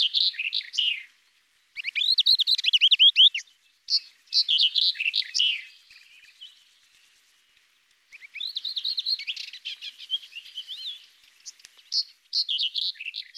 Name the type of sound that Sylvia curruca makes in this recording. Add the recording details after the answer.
song. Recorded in the wild. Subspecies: althaea. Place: Tahtakaraca-Pass 1788 m (Alexanderpass), UZ. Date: 2001-05-22. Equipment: MiniDisc Sharp MT 20 H. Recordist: Schwarz, Dieter